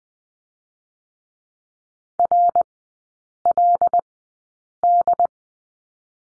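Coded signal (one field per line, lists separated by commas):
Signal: Morse code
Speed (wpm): 20 wpm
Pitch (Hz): 700 Hz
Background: none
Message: RLD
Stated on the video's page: Morse course lesson at Farnsworth speed 20/10wpm, three-character drill.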